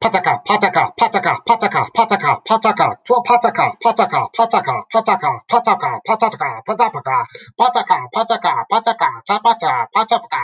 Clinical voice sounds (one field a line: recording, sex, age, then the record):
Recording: repeated syllables /pa ta ka/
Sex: male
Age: 30 to 39 years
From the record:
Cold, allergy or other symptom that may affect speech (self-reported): no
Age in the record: 37 years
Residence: Massachusetts, United States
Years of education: 16